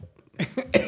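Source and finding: Adult woman. Cough.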